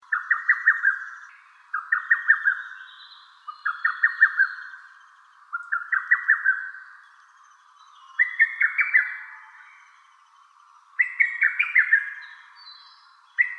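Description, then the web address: Lesser cuckoo song, a rapid run of clipped whistled notes in several phrases every two to three seconds. Recorded on 11 May 2015. "birdenaga hototogisu"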